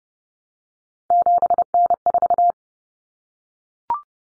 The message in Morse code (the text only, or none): 7N4